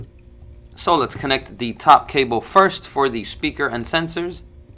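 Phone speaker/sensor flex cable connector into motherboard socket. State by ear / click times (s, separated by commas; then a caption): not seated / none. The top flex cable for the earpiece speaker and sensors of an iPhone 12 is handled over its board connector on the motherboard while someone talks. A few faint ticks come at the very start, but the connector has not seated or clicked yet.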